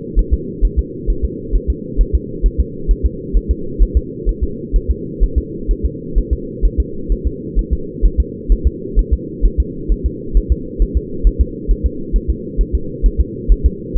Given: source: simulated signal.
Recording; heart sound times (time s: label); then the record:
fetal heart sounds
0.19 s: S1
0.34 s: S2
0.65 s: S1
0.79 s: S2
1.10 s: S1
1.25 s: S2
1.55 s: S1
1.70 s: S2
2.01 s: S1
2.15 s: S2
2.46 s: S1
2.60 s: S2
2.91 s: S1
3.06 s: S2
3.36 s: S1
3.51 s: S2
3.82 s: S1
3.97 s: S2
4.29 s: S1
4.43 s: S2
4.76 s: S1
4.90 s: S2
5.23 s: S1
5.38 s: S2
5.71 s: S1
5.86 s: S2
6.18 s: S1
6.33 s: S2
6.65 s: S1
6.80 s: S2
7.12 s: S1
7.27 s: S2
7.59 s: S1
7.73 s: S2
8.05 s: S1
8.20 s: S2
8.52 s: S1
8.67 s: S2
8.99 s: S1
9.13 s: S2
9.45 s: S1
9.60 s: S2
9.92 s: S1
10.06 s: S2
10.37 s: S1
10.52 s: S2
10.82 s: S1
10.97 s: S2
11.27 s: S1
11.41 s: S2
11.71 s: S1
11.86 s: S2
12.16 s: S1
12.30 s: S2
12.61 s: S1
12.75 s: S2
13.06 s: S1
13.21 s: S2
13.52 s: S1
13.66 s: S2
13.98 s: S1
From the record:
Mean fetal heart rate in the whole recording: 130 bpm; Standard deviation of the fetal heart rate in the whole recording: 2 bpm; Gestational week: 36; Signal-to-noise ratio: -4.3 dB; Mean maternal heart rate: 72 bpm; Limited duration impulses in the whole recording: absent